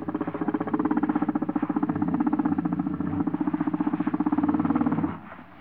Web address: BBC Sound Effects Library. Africa. Wart Hogs, Close Up Growls, Snarl